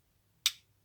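A screwdriver is turned backwards on a screw in a plastic Iron Man Battle Damaged model helmet part until the screw drops into the existing thread. Over a faint low hum, a single sharp, bright snap sounds at 0.5 s and quickly decays. The screw is seated in the thread.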